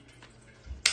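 A rifle's upper receiver is closed onto its lower receiver. After quiet handling with a faint tick near 0.2 s and a soft low thump around 0.7 s, a loud, sharp metallic click at 0.9 s marks the receiver halves seating together and the weapon assembled.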